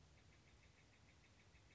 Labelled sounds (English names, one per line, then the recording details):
Steller's Jay
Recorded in Sonoma County, California